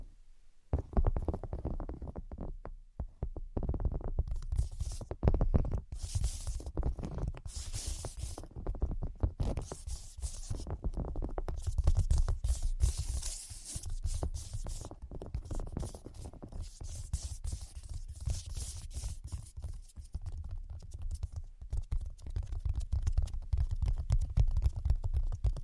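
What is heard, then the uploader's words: Fast, dense tapping runs almost nonstop after a quiet first second, with a low rumbling undertone and bursts of brighter scratchy taps throughout. ASMR Brain Penetrating 3D Tapping (No Talking).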